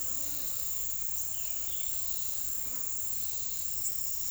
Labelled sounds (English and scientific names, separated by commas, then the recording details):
Violaceous Jay (Cyanocorax violaceus)
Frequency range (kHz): Violaceous Jay (Cyanocorax violaceus) 1.8-4.0 kHz
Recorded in secondary vegetation near Puerto Asís, Putumayo, Colombia, on 21 February 2024 at 09:00
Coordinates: 0.500, -76.326
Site G6428